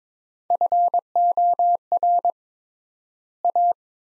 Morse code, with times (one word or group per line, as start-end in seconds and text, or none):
0.5-2.3 FOR
3.4-3.7 A